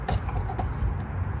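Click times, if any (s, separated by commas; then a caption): none. A car is lowered on a QuickJack BL-500SLX portable hydraulic lift after being raised past the lock point, so the steel safety locking mechanism on the lift frame should engage. A steady low hum runs throughout, with brief sharp sounds near 0.1 s and 0.6 s. The lock fails to catch, and nothing has seated or clicked yet.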